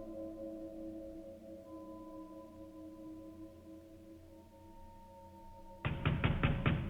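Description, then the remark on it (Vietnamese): A steady low hum runs for several seconds, then a sudden burst of loud, heavy pounding on a door from outside the room breaks in, about five rapid, forceful thuds in quick succession. “Tiếng đập cửa thình thình vang lên, rất mạnh.”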